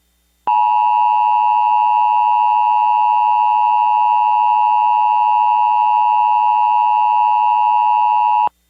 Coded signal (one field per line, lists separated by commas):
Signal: Emergency Alert System (SAME) tones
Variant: 853 and 960 Hz attention tone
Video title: Polsat RedLight a EAS Scenario